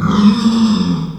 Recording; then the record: squeal of a Yucatan mini pig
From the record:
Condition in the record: after surgery on the right vocal fold (resection and tissue-engineered implant); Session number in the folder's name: 14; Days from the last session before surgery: 133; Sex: female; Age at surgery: 19 weeks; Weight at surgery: 25 kg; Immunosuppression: prednisolone